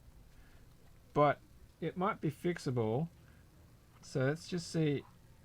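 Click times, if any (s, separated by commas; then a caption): none. A USB cable is being handled at the charging/data port of a FEKER Mechanist 01 60% keyboard, whose inner part is loose and recessed. Someone talks throughout, with only faint background noise between phrases. Nothing has seated or clicked yet; the plug is not yet home.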